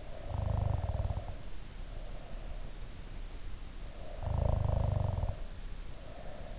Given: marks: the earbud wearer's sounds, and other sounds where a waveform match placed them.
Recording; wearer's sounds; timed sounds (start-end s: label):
sounds in sleep by an in-ear microphone; snoring breath
0.14-2.88 s: snoring breath
3.86-6.59 s: snoring breath